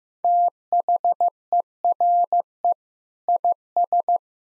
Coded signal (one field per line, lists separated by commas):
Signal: Morse code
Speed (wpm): 15 wpm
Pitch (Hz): 700 Hz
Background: none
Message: THERE IS